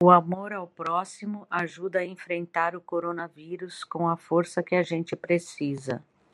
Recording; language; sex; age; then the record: spoken sentence; Brazilian Portuguese; female; 50 to 59 years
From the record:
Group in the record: control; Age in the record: 59 years